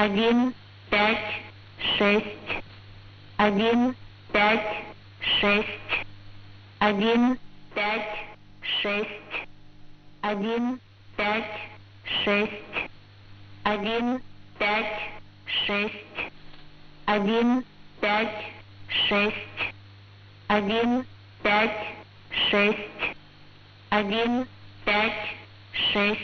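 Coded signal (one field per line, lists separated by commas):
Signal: numbers station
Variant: S06s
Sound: voice reading short words at steady even intervals over constant low hum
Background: radio hum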